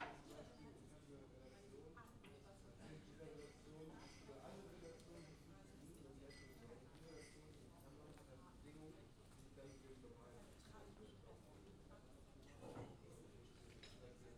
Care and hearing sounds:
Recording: everyday scene through a hearing-aid microphone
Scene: many people talking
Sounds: many voices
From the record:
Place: university cafeteria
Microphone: in the ear canal, left

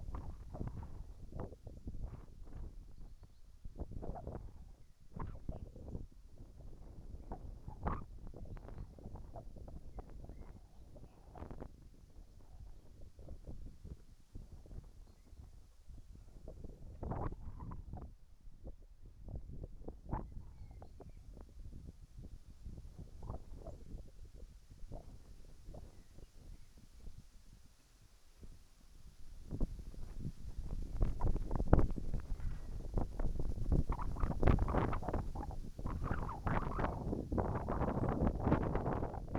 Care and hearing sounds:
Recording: everyday scene through a hearing-aid microphone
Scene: wind on the microphone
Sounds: wind, whistling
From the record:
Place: in front of a rural house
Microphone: behind the ear, right, rear

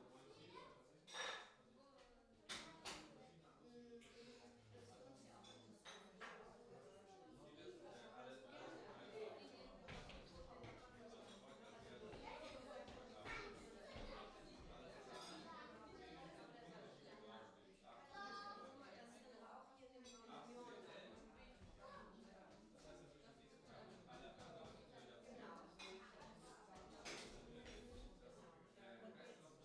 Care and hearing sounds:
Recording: everyday scene through a hearing-aid microphone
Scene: many people talking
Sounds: many voices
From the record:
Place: parish hall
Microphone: in the ear canal, left

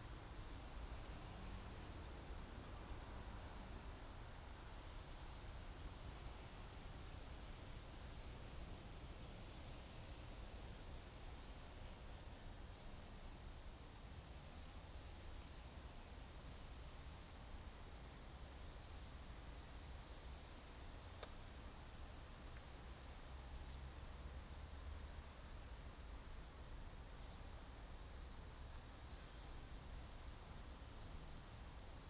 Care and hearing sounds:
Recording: everyday scene through a hearing-aid microphone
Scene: in traffic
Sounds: traffic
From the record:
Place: main city hub, rush hour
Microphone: in the ear canal, right

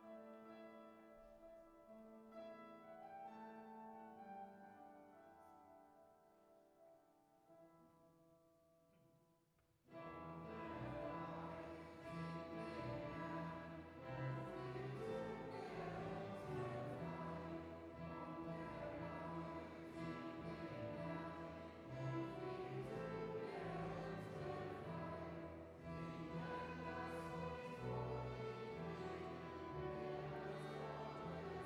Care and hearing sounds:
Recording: everyday scene through a hearing-aid microphone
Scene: reverberant space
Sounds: music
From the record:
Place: church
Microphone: behind the ear, left, rear

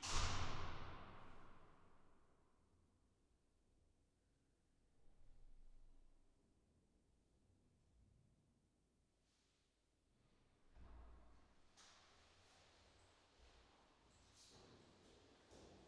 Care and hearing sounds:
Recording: everyday scene through a hearing-aid microphone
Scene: reverberant space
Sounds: background noise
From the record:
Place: staircase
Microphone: in the ear canal, left

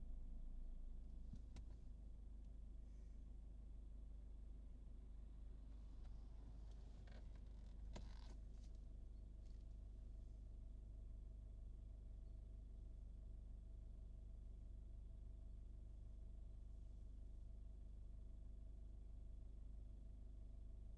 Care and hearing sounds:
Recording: everyday scene through a hearing-aid microphone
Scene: in a vehicle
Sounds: engine idling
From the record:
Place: Berlingo II, diesel engine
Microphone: in the ear canal, right

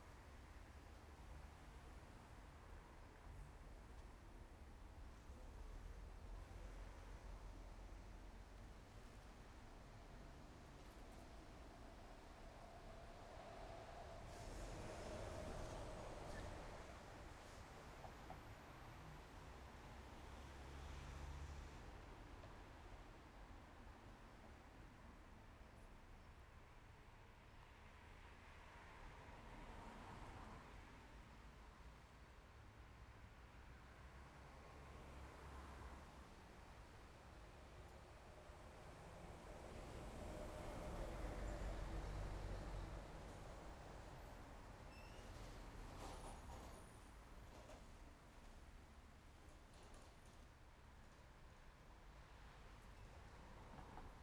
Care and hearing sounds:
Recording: everyday scene through a hearing-aid microphone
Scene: in traffic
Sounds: traffic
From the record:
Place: main road on the outskirts, rush hour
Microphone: behind the ear, left, front

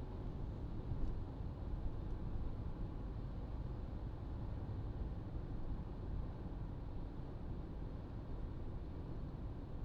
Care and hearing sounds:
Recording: everyday scene through a hearing-aid microphone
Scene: in a vehicle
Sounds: engine, traffic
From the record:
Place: Berlingo II, diesel engine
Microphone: in the ear canal, right

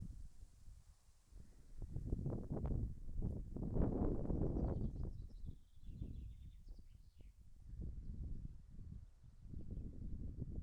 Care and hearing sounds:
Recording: everyday scene through a hearing-aid microphone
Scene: wind on the microphone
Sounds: wind, birds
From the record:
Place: in front of a rural house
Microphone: behind the ear, left, front

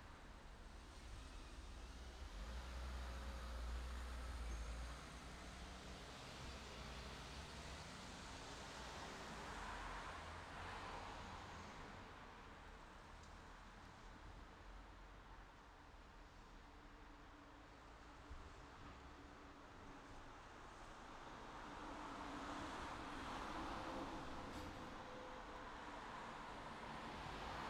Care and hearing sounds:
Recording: everyday scene through a hearing-aid microphone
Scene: in traffic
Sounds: traffic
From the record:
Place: city secondary road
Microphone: in the ear canal, left

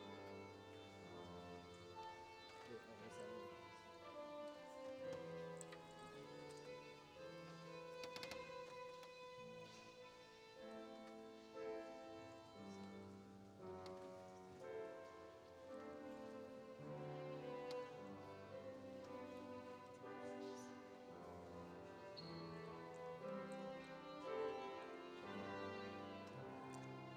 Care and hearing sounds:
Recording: everyday scene through a hearing-aid microphone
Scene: reverberant space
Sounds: music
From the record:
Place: church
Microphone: in the ear canal, right

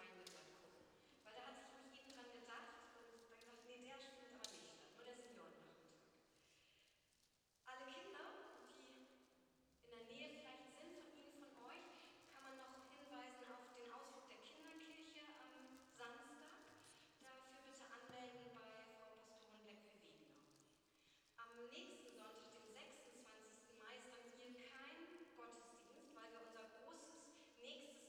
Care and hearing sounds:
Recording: everyday scene through a hearing-aid microphone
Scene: reverberant space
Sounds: speech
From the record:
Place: church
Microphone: in the ear canal, right

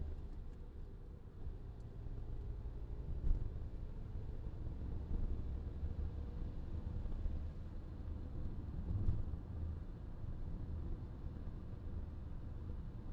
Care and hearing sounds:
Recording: everyday scene through a hearing-aid microphone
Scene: in a vehicle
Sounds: engine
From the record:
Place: VW T5 Caravelle, diesel engine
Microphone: in the ear canal, left

